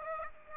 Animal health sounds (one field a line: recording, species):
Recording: mosquito wingbeat signal from an infrared sensor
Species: Aedes aegypti